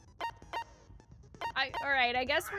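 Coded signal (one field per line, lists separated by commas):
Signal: none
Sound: game menu beeps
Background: speech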